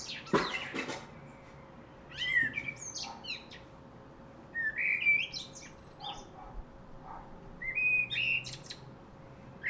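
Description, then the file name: Common blackbird song after a brief burst of noise: several short warbled phrases with high twittery endings, spaced by pauses of one to two seconds. "Turdus merula"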